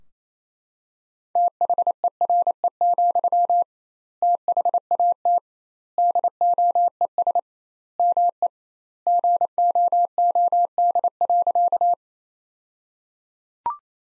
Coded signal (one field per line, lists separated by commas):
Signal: Morse code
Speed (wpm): 28 wpm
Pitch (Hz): 700 Hz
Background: none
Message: THERE, THAT DOES ME GOOD.